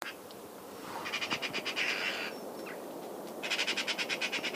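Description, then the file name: Eurasian magpie chattering: a dry, rapid rattle of harsh notes, a short pause, then a second rattling burst to the end. "Pica pica"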